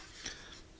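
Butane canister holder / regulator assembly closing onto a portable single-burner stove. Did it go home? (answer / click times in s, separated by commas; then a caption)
yes / 0.3 s. A butane canister is fitted into a SOTO ST-320 single-burner stove, made in Japan, and the regulator valve is pushed down and closed so the canister holder snaps into place. A single faint, brief metallic click at 0.3 s stands out against a low, steady background hiss. The holder is seated.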